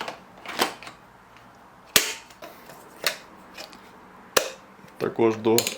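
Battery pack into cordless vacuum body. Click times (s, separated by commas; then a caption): 2.0 s, 4.4 s. A battery pack is pushed into the plastic body of a Karcher VC Series 4 cordless handheld vacuum until it latches, with sharp clicks at 2.0 s and 4.4 s. Softer knocks and handling sounds occur around them, and someone talks near the end. The battery is clicked into place.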